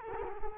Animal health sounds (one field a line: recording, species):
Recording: mosquito wingbeat signal from an infrared sensor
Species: Culex quinquefasciatus